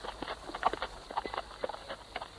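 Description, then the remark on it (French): Dombey's horse's hooves clip-clop in a steady, rhythmic series of hollow knocks as he rides with Carker toward the City, repeating quickly for a couple of seconds with no voices over them. “Mais le cheval de Dombey fait un faux pas et son cavalier tombe à terre.”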